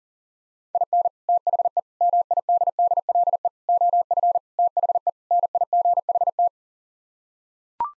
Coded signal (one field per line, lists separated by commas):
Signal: Morse code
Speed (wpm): 40 wpm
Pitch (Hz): 700 Hz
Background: none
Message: IN THE MIDDLE OF THE NIGHT